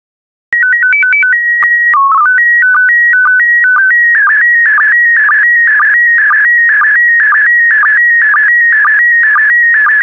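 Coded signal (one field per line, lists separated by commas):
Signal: SSTV (slow-scan television)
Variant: PD 120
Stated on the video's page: SSTV images sent in PD120 mode, a daily set offered for decoding practice.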